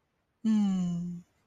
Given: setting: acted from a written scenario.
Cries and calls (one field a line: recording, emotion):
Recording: vocal sound without words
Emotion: romantic love